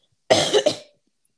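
A single short adult cough of about half a second, with a sharp onset and a quick second push before it fades. A casual one-off cough or throat clearing in a quiet room, with no sign of illness.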